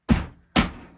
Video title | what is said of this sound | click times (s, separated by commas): How to assemble the 1985/1978 Barbie Dream House and a Guided Tour comparing both Barbie houses | Just gotta make sure it's all snapped in place. | 0.6 s